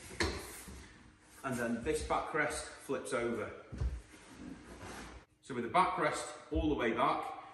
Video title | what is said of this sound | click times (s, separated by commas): All new Saxdor 320 GTO product walk through with idealboat.com | So the table drops right the way down, locks into place, | 0.2 s